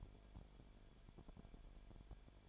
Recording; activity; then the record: daily activity, microphone in the room; no activity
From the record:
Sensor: 5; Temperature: 19.8 degrees Celsius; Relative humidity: 33.3%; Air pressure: 1001.4 hPa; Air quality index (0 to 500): 31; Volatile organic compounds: 1 ppm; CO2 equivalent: 524 ppm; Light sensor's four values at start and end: 2/3/1/1 and 2/3/1/1